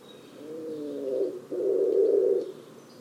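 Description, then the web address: Bird giving low, soft coos: a drawn-out tonal coo with faint harmonics, then a brief gap and a louder, fuller coo lasting about a second. "cianscape. Deverinetal. Bird Only"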